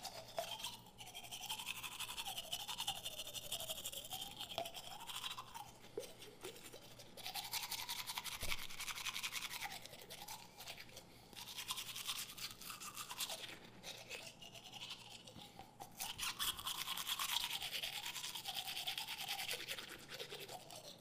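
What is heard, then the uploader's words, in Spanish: Someone brushes their teeth in steady bursts of bright, scratchy scrubbing, with short pauses near six and fifteen seconds. Cepillando los dientes. Sonido del cepillado de dientes de una persona.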